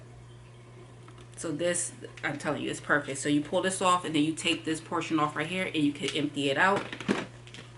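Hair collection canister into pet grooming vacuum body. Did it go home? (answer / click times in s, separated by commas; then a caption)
yes / 7.5 s. Someone talks while handling a pet grooming vacuum. After the hair is emptied, the plastic hair collection canister is pushed back onto the vacuum body and snaps back in with a short, sharp snap at 7.5 s. The canister seats easily.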